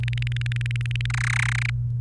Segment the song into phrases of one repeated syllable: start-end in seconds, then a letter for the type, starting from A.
0.03-1.06 A, 1.10-1.70 B